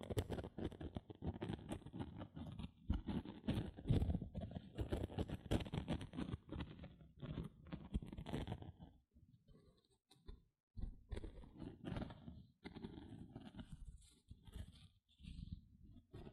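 Gentle scratching sounds, rapid and irregular, made of dense clusters of soft scrapes and taps. The first eight seconds are busiest and fullest; after that the scratching thins into shorter bursts with brief near-silent gaps around ten seconds, then picks up again.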